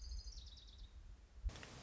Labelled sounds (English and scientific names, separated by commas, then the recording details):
Orange-crowned Warbler (Leiothlypis celata)
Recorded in Sonoma County, California